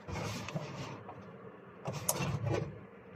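A clipped-in wiring connector is pulled off a component of a Bosch washing machine to disconnect it while tracing the fault that keeps tripping the fuse. Broadband rustling and scraping of handling fill the clip, with a small tick at about 0.5 s. A sharp, loud snap at 2.1 s marks the clip letting go and the connector coming free, followed by more handling noise.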